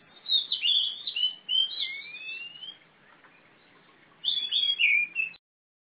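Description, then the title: Oriental magpie-robin giving two bursts of fast warbling song, the first ending in a long rising whistle, separated by a second-long pause. Female competition bird, black, national champion singer in lively song with a fighting style, East Java, Indonesia. "Kacer Juara 1 Nasional gacor kacer juara nasional jawa timur kacer tarung betina poci gacor hitam"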